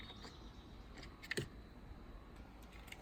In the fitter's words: just snap into place now before we reassemble let's